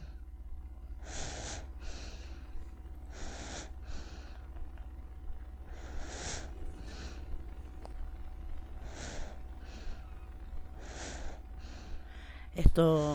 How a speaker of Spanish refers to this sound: Esto que escuchamos es una respiración, sí, de bebé. Oh, qué cosa más hermosa.